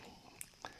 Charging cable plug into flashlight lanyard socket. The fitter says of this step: It clicks back in there. It doesn't fall out.